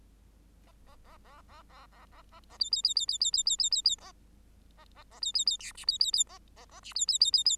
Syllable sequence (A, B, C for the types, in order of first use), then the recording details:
A A A A A A A A A A B B B B B B B B B B B A A A A B B B C D B B B A A A D B B B B B. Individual Bird8